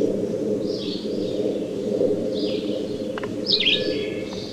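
Red-eyed vireo song: three short, high warbled phrases spaced over a few seconds, set against a steady low rumbling background.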